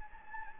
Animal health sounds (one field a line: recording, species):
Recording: mosquito wingbeat signal from an infrared sensor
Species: Anopheles gambiae